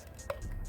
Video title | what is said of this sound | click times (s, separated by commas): Changing a Spare tire with differnt options. | you heard a snap but everybody won't be able to do that but | 0.3 s